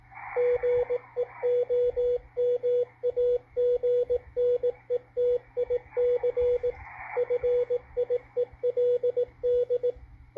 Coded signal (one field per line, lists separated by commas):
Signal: Morse code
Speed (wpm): 18 wpm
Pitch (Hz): 490 Hz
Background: radio noise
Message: GEOMAGNETIC FIELD